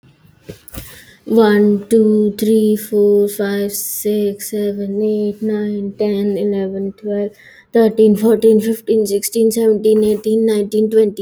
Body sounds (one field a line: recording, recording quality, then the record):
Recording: counting at a normal pace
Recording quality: excellent, no background noise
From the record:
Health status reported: healthy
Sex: female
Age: 30 years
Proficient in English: yes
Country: India